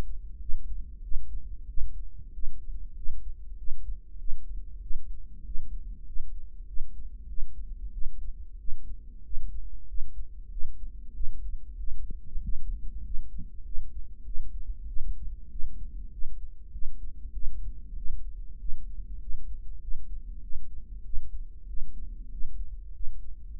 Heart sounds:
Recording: heart sounds by microphone in the right ear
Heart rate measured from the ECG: 96 bpm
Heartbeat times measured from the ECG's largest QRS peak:
0.42 s: heartbeat
1.05 s: heartbeat
1.71 s: heartbeat
2.36 s: heartbeat
2.98 s: heartbeat
3.60 s: heartbeat
4.21 s: heartbeat
4.84 s: heartbeat
5.47 s: heartbeat
6.09 s: heartbeat
6.69 s: heartbeat
7.30 s: heartbeat
7.95 s: heartbeat
8.61 s: heartbeat
9.26 s: heartbeat
9.90 s: heartbeat
10.53 s: heartbeat
11.16 s: heartbeat
11.80 s: heartbeat
12.45 s: heartbeat
13.06 s: heartbeat
13.67 s: heartbeat
14.27 s: heartbeat
14.89 s: heartbeat
15.52 s: heartbeat
16.14 s: heartbeat
16.75 s: heartbeat
17.35 s: heartbeat
17.98 s: heartbeat
18.61 s: heartbeat
19.22 s: heartbeat
19.83 s: heartbeat
20.44 s: heartbeat
21.06 s: heartbeat
21.69 s: heartbeat
22.33 s: heartbeat
22.95 s: heartbeat
23.58 s: heartbeat
From the record:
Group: healthy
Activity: rest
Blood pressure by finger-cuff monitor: 142/82 mmHg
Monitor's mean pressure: 104 mmHg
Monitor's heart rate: 96 bpm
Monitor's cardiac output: 8.5 L/min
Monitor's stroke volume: 87 mL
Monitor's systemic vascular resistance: 900 dyn s/cm5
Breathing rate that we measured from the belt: 18 breaths a minute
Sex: male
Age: 21 years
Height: 175 cm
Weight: 72.6 kg

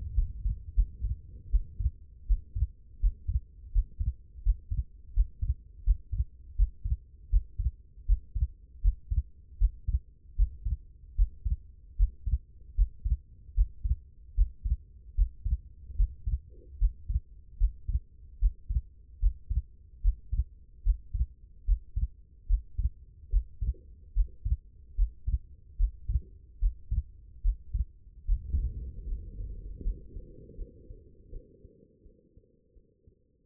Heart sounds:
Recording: heart sounds by stethoscope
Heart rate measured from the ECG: 78 bpm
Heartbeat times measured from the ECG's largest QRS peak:
0.15 s: heartbeat
0.75 s: heartbeat
1.51 s: heartbeat
2.27 s: heartbeat
3.00 s: heartbeat
3.72 s: heartbeat
4.43 s: heartbeat
5.13 s: heartbeat
5.84 s: heartbeat
6.56 s: heartbeat
7.30 s: heartbeat
8.06 s: heartbeat
8.81 s: heartbeat
9.58 s: heartbeat
10.36 s: heartbeat
11.15 s: heartbeat
11.96 s: heartbeat
12.75 s: heartbeat
13.54 s: heartbeat
14.35 s: heartbeat
15.15 s: heartbeat
15.96 s: heartbeat
16.78 s: heartbeat
17.57 s: heartbeat
18.39 s: heartbeat
19.19 s: heartbeat
20.01 s: heartbeat
20.83 s: heartbeat
21.65 s: heartbeat
22.47 s: heartbeat
23.30 s: heartbeat
24.13 s: heartbeat
24.95 s: heartbeat
25.76 s: heartbeat
26.59 s: heartbeat
27.42 s: heartbeat
28.25 s: heartbeat
29.07 s: heartbeat
29.82 s: heartbeat
30.56 s: heartbeat
31.30 s: heartbeat
32.03 s: heartbeat
32.74 s: heartbeat
33.44 s: heartbeat
From the record:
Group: healthy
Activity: rest 0-3 s, breath hold 3-33 s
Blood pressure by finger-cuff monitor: 105/62 mmHg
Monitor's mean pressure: 78 mmHg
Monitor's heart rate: 75 bpm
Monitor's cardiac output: 6.9 L/min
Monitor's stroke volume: 92 mL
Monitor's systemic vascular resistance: 810 dyn s/cm5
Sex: female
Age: 22 years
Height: 161 cm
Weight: 65.5 kg

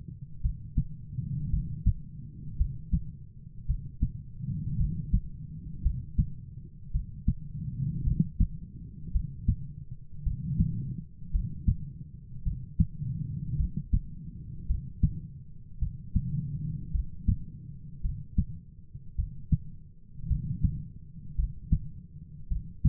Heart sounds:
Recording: heart sounds by stethoscope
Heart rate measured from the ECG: 54 bpm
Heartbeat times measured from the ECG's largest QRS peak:
0.41 s: heartbeat
1.50 s: heartbeat
2.57 s: heartbeat
3.66 s: heartbeat
4.77 s: heartbeat
5.82 s: heartbeat
6.91 s: heartbeat
8.03 s: heartbeat
9.12 s: heartbeat
10.23 s: heartbeat
11.31 s: heartbeat
12.43 s: heartbeat
13.56 s: heartbeat
14.66 s: heartbeat
15.79 s: heartbeat
16.91 s: heartbeat
18.01 s: heartbeat
19.15 s: heartbeat
20.27 s: heartbeat
21.35 s: heartbeat
22.48 s: heartbeat
From the record:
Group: heart failure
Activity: rest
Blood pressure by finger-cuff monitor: 63/34 mmHg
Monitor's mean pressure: 44 mmHg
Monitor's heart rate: 54 bpm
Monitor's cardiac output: 4.8 L/min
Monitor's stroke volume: 89 mL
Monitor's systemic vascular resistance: 620 dyn s/cm5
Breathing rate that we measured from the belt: 19 breaths a minute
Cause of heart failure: dilated cardiomyopathy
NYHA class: 3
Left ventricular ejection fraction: 27%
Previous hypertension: present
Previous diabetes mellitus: present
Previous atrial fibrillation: present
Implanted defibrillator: present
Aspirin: present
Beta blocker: bisoprolol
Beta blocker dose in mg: 1.25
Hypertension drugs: sacubitril-valsartan, spironolactone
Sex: female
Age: 39 years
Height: 170 cm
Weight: 64 kg

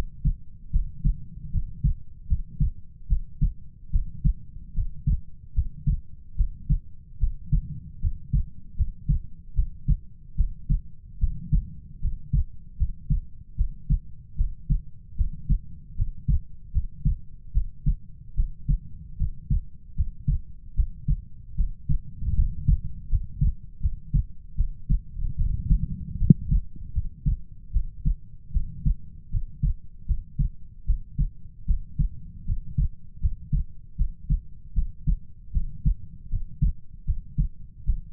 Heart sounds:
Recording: heart sounds by stethoscope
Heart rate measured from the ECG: 76 bpm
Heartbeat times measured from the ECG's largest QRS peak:
0.70 s: heartbeat
1.50 s: heartbeat
2.27 s: heartbeat
3.07 s: heartbeat
3.90 s: heartbeat
4.73 s: heartbeat
5.53 s: heartbeat
6.35 s: heartbeat
7.18 s: heartbeat
7.99 s: heartbeat
8.75 s: heartbeat
9.54 s: heartbeat
10.35 s: heartbeat
11.18 s: heartbeat
12.00 s: heartbeat
12.76 s: heartbeat
13.55 s: heartbeat
14.35 s: heartbeat
15.15 s: heartbeat
15.95 s: heartbeat
16.71 s: heartbeat
17.52 s: heartbeat
18.34 s: heartbeat
19.16 s: heartbeat
19.94 s: heartbeat
20.74 s: heartbeat
21.55 s: heartbeat
22.34 s: heartbeat
23.08 s: heartbeat
23.80 s: heartbeat
24.55 s: heartbeat
25.36 s: heartbeat
26.17 s: heartbeat
26.92 s: heartbeat
27.71 s: heartbeat
28.51 s: heartbeat
29.29 s: heartbeat
30.05 s: heartbeat
30.85 s: heartbeat
31.65 s: heartbeat
32.45 s: heartbeat
33.19 s: heartbeat
33.96 s: heartbeat
34.73 s: heartbeat
35.51 s: heartbeat
36.28 s: heartbeat
37.04 s: heartbeat
37.84 s: heartbeat
From the record:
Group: healthy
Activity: rest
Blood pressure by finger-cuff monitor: 99/60 mmHg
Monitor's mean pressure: 73 mmHg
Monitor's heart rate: 76 bpm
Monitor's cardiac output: 6.5 L/min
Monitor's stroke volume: 86 mL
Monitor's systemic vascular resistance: 800 dyn s/cm5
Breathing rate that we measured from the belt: 17 breaths a minute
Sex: female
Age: 19 years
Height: 163 cm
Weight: 48.9 kg

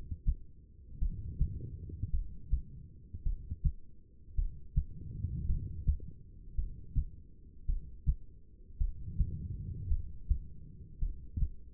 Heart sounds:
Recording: heart sounds by stethoscope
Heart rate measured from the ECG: 54 bpm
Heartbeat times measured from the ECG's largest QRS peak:
0.99 s: heartbeat
2.10 s: heartbeat
3.23 s: heartbeat
4.35 s: heartbeat
5.46 s: heartbeat
6.55 s: heartbeat
7.66 s: heartbeat
8.77 s: heartbeat
9.88 s: heartbeat
10.99 s: heartbeat
From the record:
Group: heart failure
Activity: rest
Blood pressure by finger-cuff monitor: 81/59 mmHg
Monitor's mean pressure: 66 mmHg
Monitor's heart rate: 54 bpm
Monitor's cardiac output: 2.6 L/min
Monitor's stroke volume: 47 mL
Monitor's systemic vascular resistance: 1830 dyn s/cm5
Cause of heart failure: non-ischemic cardiomyopathy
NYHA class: 1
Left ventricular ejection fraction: 52%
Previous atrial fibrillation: present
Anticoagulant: apixaban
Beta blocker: bisoprolol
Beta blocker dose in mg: 10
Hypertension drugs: sacubitril-valsartan, spironolactone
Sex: female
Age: 68 years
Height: 169 cm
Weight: 71 kg

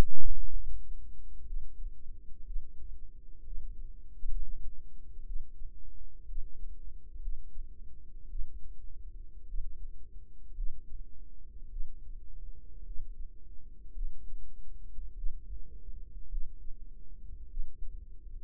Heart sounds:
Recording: heart sounds by microphone in the right ear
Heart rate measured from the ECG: 57 bpm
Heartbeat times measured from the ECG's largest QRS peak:
0.50 s: heartbeat
1.45 s: heartbeat
2.45 s: heartbeat
3.44 s: heartbeat
4.29 s: heartbeat
5.25 s: heartbeat
6.27 s: heartbeat
7.20 s: heartbeat
8.28 s: heartbeat
9.47 s: heartbeat
10.55 s: heartbeat
11.69 s: heartbeat
12.83 s: heartbeat
13.94 s: heartbeat
15.15 s: heartbeat
16.29 s: heartbeat
17.48 s: heartbeat
From the record:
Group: healthy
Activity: rest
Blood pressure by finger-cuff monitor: 99/60 mmHg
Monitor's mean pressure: 72 mmHg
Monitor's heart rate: 56 bpm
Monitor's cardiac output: 5.2 L/min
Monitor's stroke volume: 93 mL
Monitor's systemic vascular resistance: 1010 dyn s/cm5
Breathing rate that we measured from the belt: 19 breaths a minute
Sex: female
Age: 28 years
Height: 170 cm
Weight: 77 kg

